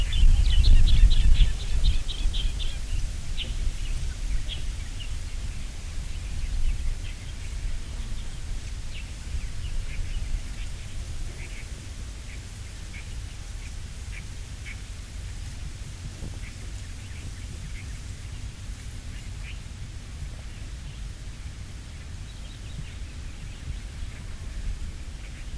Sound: On the water. The wind blows the reeds.